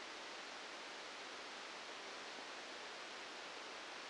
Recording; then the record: brain microelectrode recording played as sound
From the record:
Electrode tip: outside the subthalamic nucleus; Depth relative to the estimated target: -6 mm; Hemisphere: right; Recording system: NeuroSet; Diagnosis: Parkinson's disease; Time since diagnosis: 8 years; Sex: male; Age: 59 years